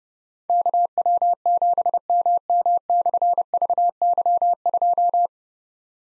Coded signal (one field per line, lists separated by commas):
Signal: Morse code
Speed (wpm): 30 wpm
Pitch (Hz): 700 Hz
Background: none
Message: KW7MM/VY2